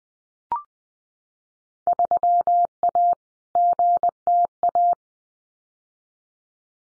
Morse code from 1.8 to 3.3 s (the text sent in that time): 3A